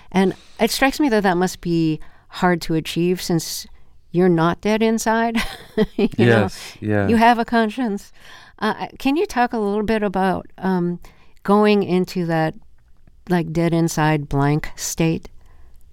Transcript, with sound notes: And it strikes me that that must be hard to achieve since you're not dead inside (laughter), you know?
Yes. Yeah.
You have a conscience. Can you talk a little bit about going into that, like, dead-inside blank state?